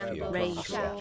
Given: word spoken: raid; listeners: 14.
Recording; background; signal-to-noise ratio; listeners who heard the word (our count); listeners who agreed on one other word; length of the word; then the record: one English word in noise, from a listening test; four-talker babble; 0.1 dB; 0 of 14; 12 of 14; 0.61 s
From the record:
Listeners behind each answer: 12, 1, 1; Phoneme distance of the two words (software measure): 10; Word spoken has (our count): 1 syllable, 3 phonemes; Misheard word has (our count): 1 syllable, 3 phonemes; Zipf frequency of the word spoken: 4.02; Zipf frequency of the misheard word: 3.83